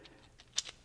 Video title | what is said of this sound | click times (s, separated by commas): NEW Klein Tools Ball Grip Screwdriver - Fastbit Tru-Grip Screwdriver - 32960A | and I can push it right back into that driver, and it's locked into place. | 0.6 s